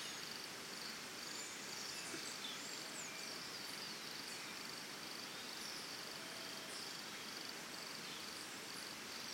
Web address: Big Room Sound Birds Crickets Costa Rica Early Morning